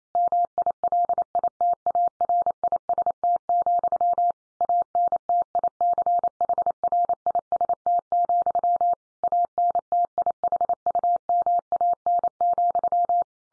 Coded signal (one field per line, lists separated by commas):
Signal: Morse code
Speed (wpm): 28 wpm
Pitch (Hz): 700 Hz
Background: none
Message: MILITARIST, ANTICHRIST, ANTIHUMAN,